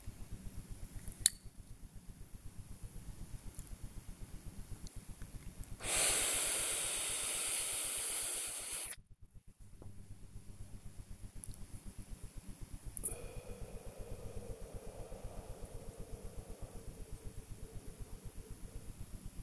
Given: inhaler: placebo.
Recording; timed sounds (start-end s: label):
one use of a dry powder inhaler by a smartwatch
0.68-1.50 s: inhaler activation
5.67-9.00 s: inhalation
12.88-19.00 s: exhalation